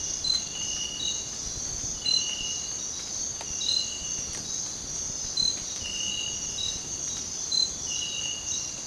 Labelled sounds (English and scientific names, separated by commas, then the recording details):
none
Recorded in dense forest near Puerto Asís, Putumayo, Colombia, on 20 December 2024 at 05:30
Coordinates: 0.466, -76.327
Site G075